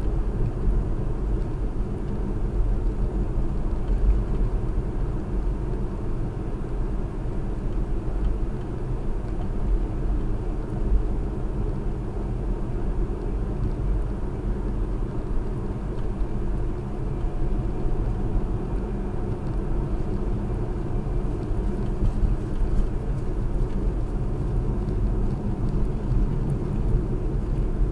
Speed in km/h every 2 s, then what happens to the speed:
60, 61, 61, 61, 61, 61, 61, 61, 63, 63, 61, 60, 55, 55.
0-20 steady at about 61. 20-24 slows to 55.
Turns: none.